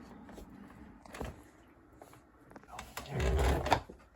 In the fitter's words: so you get it popped into place